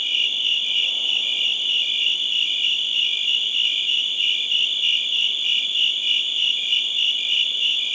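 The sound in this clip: Chirping crickets form a dense, shrill, unwavering buzz, pulsing rapidly throughout.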